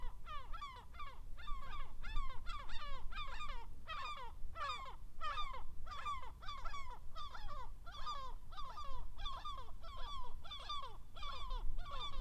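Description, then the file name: Gulls calling in a dense, continuous chorus of harsh, falling yelps and laughing notes repeated rapidly throughout, over a low background rumble. "Seagulls Gaviotas"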